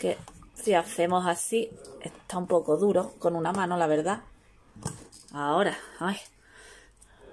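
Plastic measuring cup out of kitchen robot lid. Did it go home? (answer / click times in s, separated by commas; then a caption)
released / 7.0 s. Someone talks while pulling the press-fit plastic measuring cup out of the lid of a Mastermix E-touch kitchen robot, which is a bit stiff to do with one hand. A small sharp hit sounds at 7.0 s as the cup comes free and is released from the lid.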